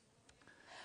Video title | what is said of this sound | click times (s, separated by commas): HobbyMaker Live | and as you're rotating that it literally clicks into place so it's not you have to kind of figure that it's in the right position it literally clicks and it it locks | 0.3 s